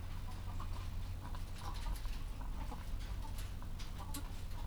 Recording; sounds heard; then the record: poultry house recording; sick chickens (respiratory disease)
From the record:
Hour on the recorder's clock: 14